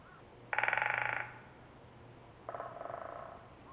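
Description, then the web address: Great spotted woodpecker, a loud rapid rattle of even pulses, then a second softer rattle two seconds later, with a faint hum beneath. Call, 27 March 2011, at Moiwa. "1 shiryo koe akagera 110327 moiwa namba"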